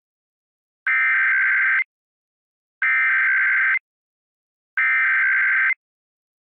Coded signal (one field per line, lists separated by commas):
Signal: Emergency Alert System (SAME) tones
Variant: header bursts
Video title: ￼WCEF Emergency alert system￼ Demo￼ With fail￼